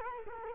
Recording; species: mosquito wingbeat signal from an infrared sensor; Culex quinquefasciatus